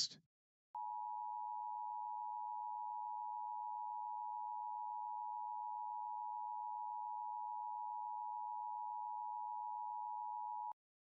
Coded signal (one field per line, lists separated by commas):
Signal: Emergency Alert System (SAME) tones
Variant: 853 and 960 Hz attention tone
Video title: LIVE AM/MW DX: DX Central Live - S. 4, Ep. 14 | Friday, April 12, 2024